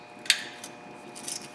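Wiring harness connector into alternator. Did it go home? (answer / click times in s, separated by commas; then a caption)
yes / 0.3 s. An electrical wiring harness connector is pushed back into the alternator of a 2006–2012 Ford F350 and snaps in place with a sharp click at 0.3 s. Fainter clicks and rattles follow around 0.6 s and 1.2–1.3 s, and the connector is seated.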